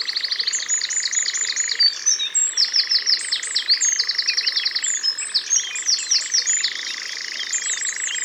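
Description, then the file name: Eurasian wren song, rapid high trills and sharp notes running almost without pause, over a steady continuous buzzing drone. Recorded in Ardèche. "Troglodyte-Mignon-Concerts-Naturels-De-l Ardeche"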